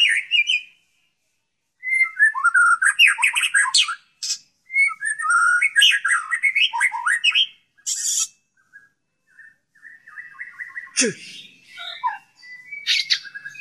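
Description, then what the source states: White-rumped shama delivering bursts of varied whistled and buzzy phrases, then softer repeated notes, with a sharp click partway through and a few high calls at the end. Song containing 'tembakan' phrases of canary and kingfisher (tengkek).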